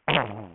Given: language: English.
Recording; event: throat vibration sensor signal played as sound; throat clearing